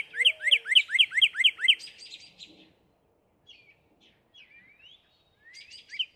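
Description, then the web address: Northern cardinal song: several loud, clear slurred whistles in quick succession, then a softer trailing phrase and a few scattered rising notes. "birdsongforthecurious Northern Cardinal"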